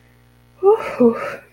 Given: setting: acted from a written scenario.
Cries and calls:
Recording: vocal sound without words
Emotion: ecstasy

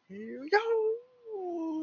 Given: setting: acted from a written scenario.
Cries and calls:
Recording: vocal sound without words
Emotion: triumph

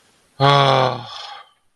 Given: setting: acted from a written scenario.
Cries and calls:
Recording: vocal sound without words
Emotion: relief

